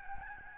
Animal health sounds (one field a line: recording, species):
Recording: mosquito wingbeat signal from an infrared sensor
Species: Aedes albopictus